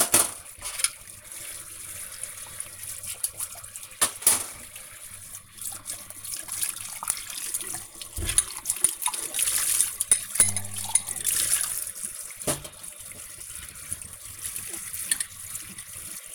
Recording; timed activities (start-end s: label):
household activities, microphone on the right wrist
0.00-16.35 s: washing dishes